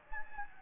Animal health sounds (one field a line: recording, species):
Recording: mosquito wingbeat signal from an infrared sensor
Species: Anopheles gambiae